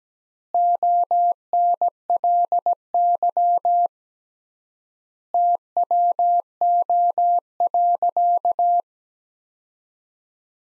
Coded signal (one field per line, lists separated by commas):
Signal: Morse code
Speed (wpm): 17 wpm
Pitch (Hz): 700 Hz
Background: none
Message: ONLY TWO.